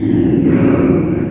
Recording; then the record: squeal of a Yucatan mini pig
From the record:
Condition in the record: after surgery on the right vocal fold (resection and tissue-engineered implant); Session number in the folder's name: 4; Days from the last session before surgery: 42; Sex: male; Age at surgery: 12 weeks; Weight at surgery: 13 kg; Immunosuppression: cyclosporine, prednisolone